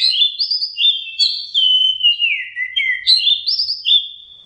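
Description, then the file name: Orange-headed thrush song of clear, sweet whistled phrases, gliding down and then repeating with slight variation, in a quiet background. Masteran (training) song of anis merah (orange-headed thrush). "suara masteran anis merah"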